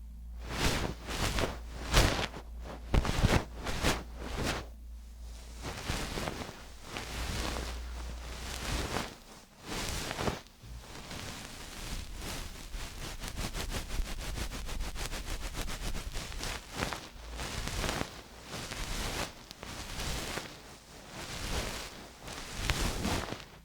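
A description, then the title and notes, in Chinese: Ear cleaning with a fluffy ear pick and massage, heard as crisp rustling and scratching strokes. The first ten seconds bring irregular bursts over a faint low hum; after a brief pause, the brushing turns quick, dense and steady until the end. 梵天掏耳和按摩。3D按摩与掏耳一起来。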